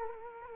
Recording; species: mosquito wingbeat signal from an infrared sensor; Culex quinquefasciatus